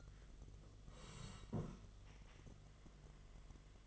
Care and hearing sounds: daily activity, microphone in the room; sit down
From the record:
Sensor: 4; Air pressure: 1006.0 hPa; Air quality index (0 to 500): 110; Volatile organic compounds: 3 ppm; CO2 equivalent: 1381 ppm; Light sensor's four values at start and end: 12/28/11/10 and 12/28/11/10

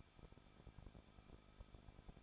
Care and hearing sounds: daily activity, microphone in the room; no activity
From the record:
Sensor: 5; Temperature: 20.9 degrees Celsius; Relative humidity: 38.1%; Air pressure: 1006.4 hPa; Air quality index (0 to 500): 187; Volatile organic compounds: 18 ppm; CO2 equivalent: 2624 ppm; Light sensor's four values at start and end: 2/3/1/1 and 2/3/1/1

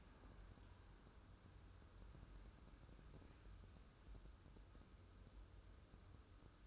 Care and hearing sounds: daily activity, microphone in the room; wipe stove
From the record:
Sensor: 2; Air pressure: 1015.0 hPa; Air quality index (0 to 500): 75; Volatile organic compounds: 1 ppm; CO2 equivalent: 928 ppm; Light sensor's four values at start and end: 13/35/14/15 and 13/35/14/15

